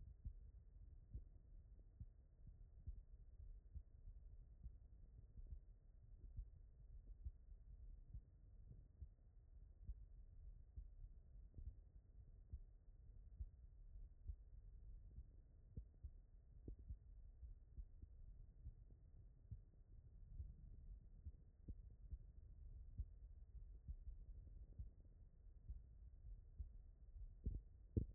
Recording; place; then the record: heart sounds by stethoscope; aortic valve (AV)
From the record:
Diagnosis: non-HFrEF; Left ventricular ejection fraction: 69%